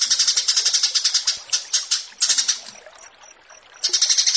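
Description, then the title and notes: Australasian bushlark song, fast dry repeated high notes in rapid bursts with a short pause before the rapid trill resumes. Bird-keeping song tutoring (masteran). "Branjangan VS BURGER Masteran Mewah 1. burung BRANJANGAN"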